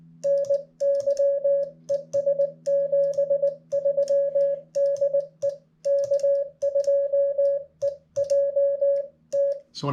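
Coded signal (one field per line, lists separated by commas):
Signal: Morse code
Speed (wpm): 19 wpm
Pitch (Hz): 560 Hz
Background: none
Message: NY ES 73 DE K2EJT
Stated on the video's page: Morse examples of each part of a typical park activation contact, sent as a lesson for new operators.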